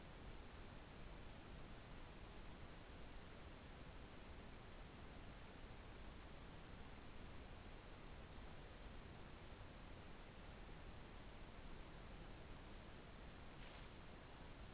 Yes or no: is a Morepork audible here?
no